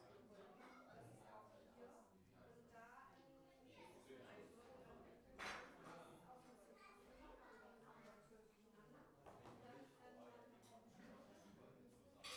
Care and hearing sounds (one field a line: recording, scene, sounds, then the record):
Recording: everyday scene through a hearing-aid microphone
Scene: many people talking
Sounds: many voices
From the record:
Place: parish hall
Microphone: behind the ear, right, rear